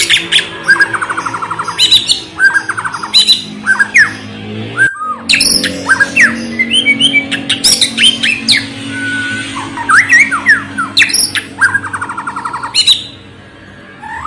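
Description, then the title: White-rumped shama song, a rich varied stream of whistled phrases, rapid chattering trills and sharp clicking notes with steady low background hum. Loud, actively singing bird used as a lure to get another bird to respond. "PANCINGAN MURAI BATU GACOR, LANGSUNG RESPON"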